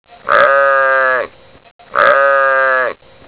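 Sheep bleating, two loud drawn-out bleats of about a second each, one after the other, with nothing else heard.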